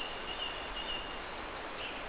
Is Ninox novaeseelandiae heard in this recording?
no